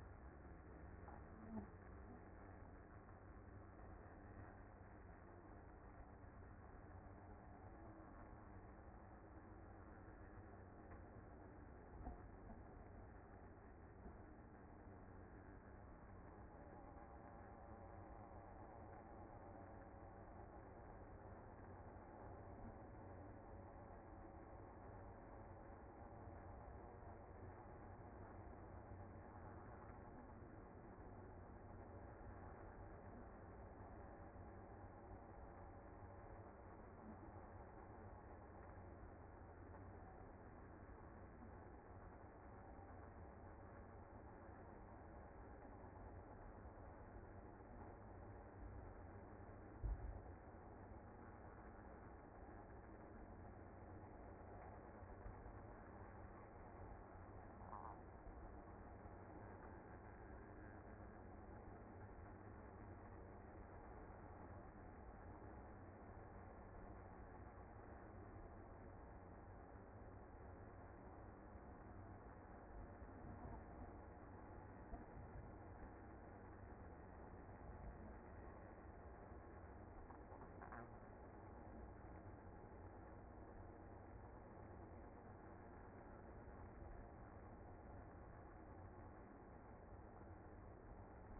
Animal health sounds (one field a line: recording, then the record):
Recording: honeybee colony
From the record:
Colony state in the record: active